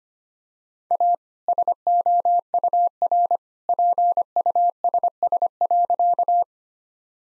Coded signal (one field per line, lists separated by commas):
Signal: Morse code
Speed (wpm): 25 wpm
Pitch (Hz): 700 Hz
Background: none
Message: A SOUR PUSS.